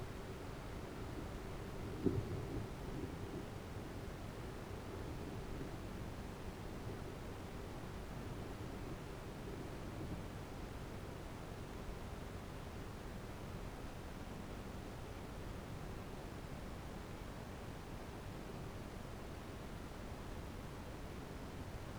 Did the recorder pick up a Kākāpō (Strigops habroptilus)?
no